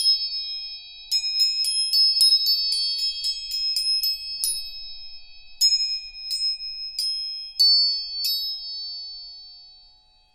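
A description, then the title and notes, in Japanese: Tuning forks are struck and left ringing, giving high, pure metallic tones that hang on and overlap. A quick run of about ten taps comes in the first few seconds, then single strikes every half second or so, fading out quietly at the end. 音叉チューニング全体性。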